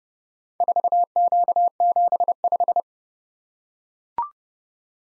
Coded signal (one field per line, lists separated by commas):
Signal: Morse code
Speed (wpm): 29 wpm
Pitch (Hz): 700 Hz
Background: none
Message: 4Q75